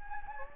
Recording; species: mosquito wingbeat signal from an infrared sensor; Anopheles gambiae